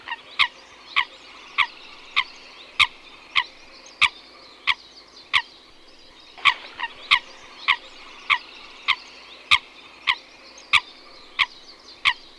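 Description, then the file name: Eurasian coot giving a steady series of many sharp, clipped calls, with a brief pause midway before the rhythm resumes. "lyska"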